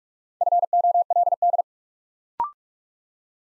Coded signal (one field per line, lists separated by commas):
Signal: Morse code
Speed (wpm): 44 wpm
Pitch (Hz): 700 Hz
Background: none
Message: FOLD